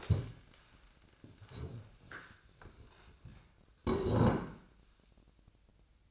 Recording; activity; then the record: daily activity, microphone in the room; stand up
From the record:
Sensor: 2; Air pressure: 1000.3 hPa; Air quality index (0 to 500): 159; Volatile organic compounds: 3 ppm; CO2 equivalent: 1328 ppm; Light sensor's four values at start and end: 10/24/10/11 and 9/19/9/9